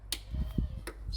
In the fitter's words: And we heard it click there.